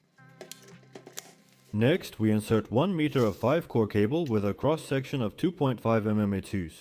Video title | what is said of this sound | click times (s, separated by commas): No more power outage worries! This device is a total game-changer! | They are easy to install. You just need to press until they click into place. | 0.5 s, 1.2 s